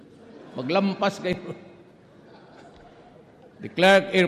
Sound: laughter